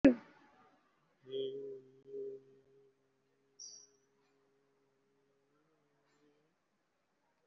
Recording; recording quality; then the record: sustained vowel as in beet; excellent, no background noise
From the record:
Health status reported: COVID-19 positive, moderate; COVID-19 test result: positive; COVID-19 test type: RT-PCR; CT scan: taken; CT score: 5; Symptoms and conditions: cough, breathing difficulty, fever, fatigue, muscle pain, loss of smell and taste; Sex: male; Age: 56 years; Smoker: no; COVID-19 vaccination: both doses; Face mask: worn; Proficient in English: yes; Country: India